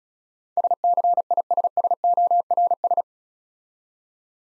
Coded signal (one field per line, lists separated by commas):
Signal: Morse code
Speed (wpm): 36 wpm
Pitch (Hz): 700 Hz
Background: none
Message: SCISSORS